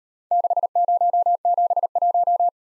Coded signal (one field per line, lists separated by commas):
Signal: Morse code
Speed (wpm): 36 wpm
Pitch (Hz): 700 Hz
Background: none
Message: 6071